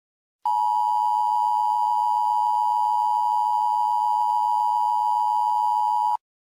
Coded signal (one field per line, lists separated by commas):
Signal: Emergency Alert System (SAME) tones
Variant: 853 and 960 Hz attention tone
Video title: stupid cat eas scenario red mist squidward rampage sin count reviwed merowing